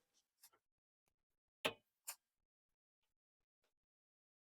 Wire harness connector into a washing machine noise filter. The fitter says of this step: you just simply put your harnesses back into place till you hear the click.